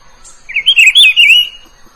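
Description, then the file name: Rufous-browed peppershrike song: one loud, warbled whistled phrase of about a second, rapidly rising and falling notes run together, with a faint steady high hiss behind. "canto do pitiguari"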